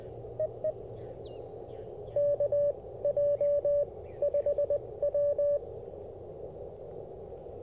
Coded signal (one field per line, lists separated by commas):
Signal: Morse code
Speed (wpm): 22 wpm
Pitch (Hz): 590 Hz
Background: radio noise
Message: EE KJ5W